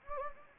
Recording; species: mosquito wingbeat signal from an infrared sensor; Anopheles gambiae